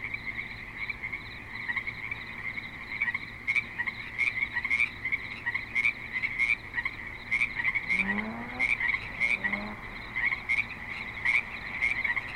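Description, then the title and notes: Frogs calling steadily with high pulsed notes repeated in a regular rhythm; two brief lower squeaky sounds cut in during the second half. At a creek in Spanish Springs, Nevada, with light traffic and other suburban sounds. "Frogs in Spanish Springs, NV - creek view. Frogs with light traffic and other suburban sounds"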